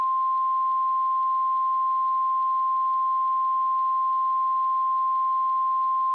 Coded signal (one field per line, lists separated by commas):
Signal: Emergency Alert System (SAME) tones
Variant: 1050 Hz attention tone